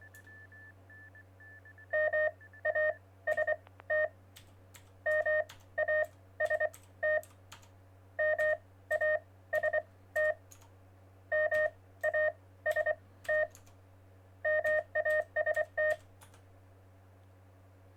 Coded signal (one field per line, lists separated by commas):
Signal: Morse code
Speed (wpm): 24 wpm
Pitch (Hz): 620 Hz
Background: none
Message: MAST MAST MAST MAST MAST